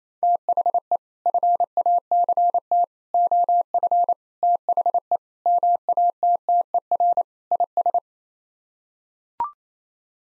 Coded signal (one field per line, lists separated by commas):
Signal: Morse code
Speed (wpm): 28 wpm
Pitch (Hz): 700 Hz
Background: none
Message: THE FACT OF THE MATTER IS